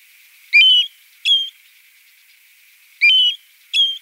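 European golden plover calls: clear whistled notes, each sharply rising then held level, given in two pairs about two and a half seconds apart.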